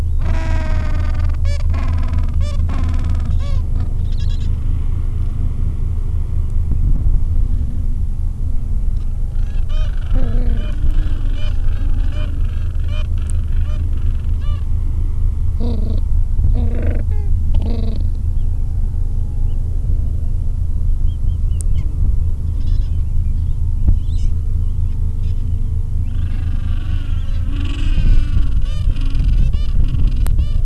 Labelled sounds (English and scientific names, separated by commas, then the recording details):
Gentoo Penguin (Pygoscelis papua)
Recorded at the colony at Whistle Cove, on 23 December 2014
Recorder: Song Meter SM2+